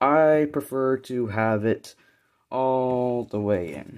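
A small plastic five millimeter peg on a transforming Transformers Generations Jetfire figure is handled near its peg hole, where it locks in when pushed all the way in. Someone talks throughout, with a short pause around 2.0 to 2.5 seconds. Nothing has seated or clicked yet.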